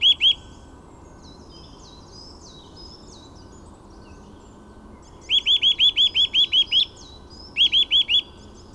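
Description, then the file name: Eurasian nuthatch giving bursts of clear, upslurred whistled notes in fast series, two short runs after an opening pair, with fainter high bird notes between them. "Sitta europaea"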